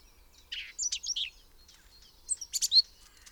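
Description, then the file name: Common whitethroat song: two brief, scratchy, high warbled phrases, the first near half a second in, the second about two seconds later, over a quiet background. "Grasmus Sylvia communis"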